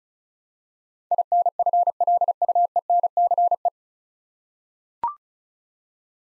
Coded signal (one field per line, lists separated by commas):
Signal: Morse code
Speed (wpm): 36 wpm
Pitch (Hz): 700 Hz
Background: none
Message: INFLUENCE